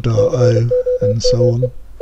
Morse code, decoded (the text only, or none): COME